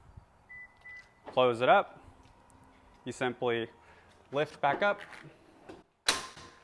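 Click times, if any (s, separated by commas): 6.1 s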